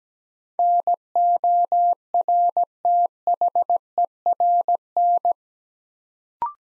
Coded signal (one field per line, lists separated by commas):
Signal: Morse code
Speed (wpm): 17 wpm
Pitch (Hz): 700 Hz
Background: none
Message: NORTHERN